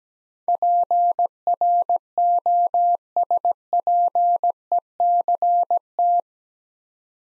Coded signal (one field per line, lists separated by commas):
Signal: Morse code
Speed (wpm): 17 wpm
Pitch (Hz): 700 Hz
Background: none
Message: PROSPECT